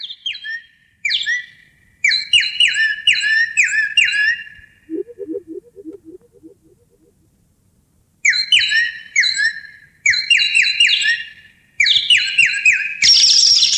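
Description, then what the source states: Bird calls: bursts of sharp, repeated chirping notes, several quick notes at a time with short gaps, plus a brief low pulsing series in the middle before the chirping resumes. Birds calling at night.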